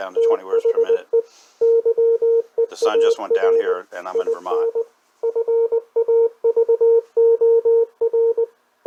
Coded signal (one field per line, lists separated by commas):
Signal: Morse code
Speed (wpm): 20 wpm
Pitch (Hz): 460 Hz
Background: speech, radio noise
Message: THE YEAR IN FAVOR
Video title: National NC-300 Ham Band Receiver Demo Part 2